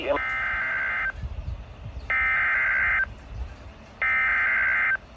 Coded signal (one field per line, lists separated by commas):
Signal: Emergency Alert System (SAME) tones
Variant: header bursts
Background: speech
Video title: (EAS #417) Severe Thunderstorm Warning for Carroll, Jo Daviess, and Stephenson, Illinois